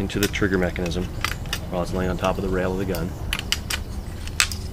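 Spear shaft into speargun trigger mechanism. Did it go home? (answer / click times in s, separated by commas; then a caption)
yes / 4.4 s. Someone talks while the metal spear shaft, lying on top of the rail of a band speargun, is pushed back into the trigger mechanism, with a few light metallic taps just before. At 4.4 s the sear catches the shaft with a sharp, audible click, and the shaft is seated.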